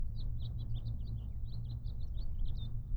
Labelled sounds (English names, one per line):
House Finch song